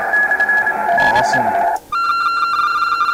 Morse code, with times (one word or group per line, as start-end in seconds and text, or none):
0.1-0.7 /
1.0-1.4 NE